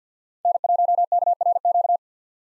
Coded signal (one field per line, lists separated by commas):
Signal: Morse code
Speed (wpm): 49 wpm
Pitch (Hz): 700 Hz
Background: none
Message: N1KRQ